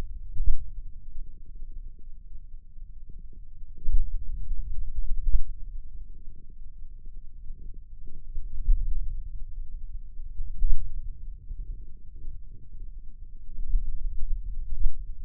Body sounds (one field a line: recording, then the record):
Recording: forearm muscle sounds (acoustic myography)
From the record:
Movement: pen grasping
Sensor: system 2, bracelet of six BSWA MPA416 microphones around the upper forearm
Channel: 1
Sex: male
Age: 22 years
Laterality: right